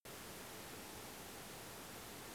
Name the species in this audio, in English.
none